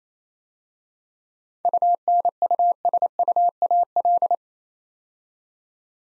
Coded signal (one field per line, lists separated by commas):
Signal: Morse code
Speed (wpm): 28 wpm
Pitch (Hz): 700 Hz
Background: none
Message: UNUSUAL